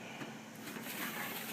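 A formatter board for an HP 4700/CP4005 printer is lined up with the slots and arrow on the printer frame before being slid forward. A steady, low background hum and faint handling sounds are heard. Nothing has clicked or seated yet.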